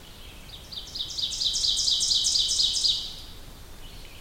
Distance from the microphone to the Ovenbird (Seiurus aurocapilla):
about 15 m